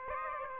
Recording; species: mosquito wingbeat signal from an infrared sensor; Aedes aegypti